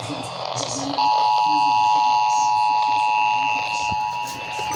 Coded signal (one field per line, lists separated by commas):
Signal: Emergency Alert System (SAME) tones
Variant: 853 and 960 Hz attention tone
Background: speech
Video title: SVR WARNINGS FOR FORT BEND COUNTY... EAS Alerts from 8/18/22(2)